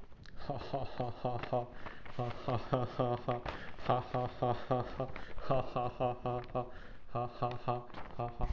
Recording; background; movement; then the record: laughter; quiet; sitting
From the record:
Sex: male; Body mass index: 23.7 kg/m2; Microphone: on the chest, facing outward